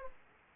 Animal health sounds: mosquito wingbeat signal from an infrared sensor; Aedes aegypti

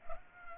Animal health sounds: mosquito wingbeat signal from an infrared sensor; Culex pipiens

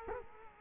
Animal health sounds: mosquito wingbeat signal from an infrared sensor; Culex quinquefasciatus

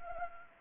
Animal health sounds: mosquito wingbeat signal from an infrared sensor; Anopheles gambiae

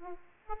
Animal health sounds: mosquito wingbeat signal from an infrared sensor; Aedes aegypti

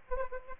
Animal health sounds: mosquito wingbeat signal from an infrared sensor; Aedes aegypti

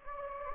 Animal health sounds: mosquito wingbeat signal from an infrared sensor; Anopheles gambiae

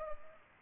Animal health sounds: mosquito wingbeat signal from an infrared sensor; Culex pipiens

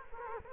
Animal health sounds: mosquito wingbeat signal from an infrared sensor; Culex quinquefasciatus

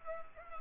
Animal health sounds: mosquito wingbeat signal from an infrared sensor; Culex pipiens

